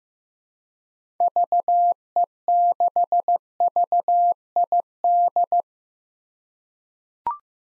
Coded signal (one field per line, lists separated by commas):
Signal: Morse code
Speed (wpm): 15 wpm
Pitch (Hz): 700 Hz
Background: none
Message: VE6VID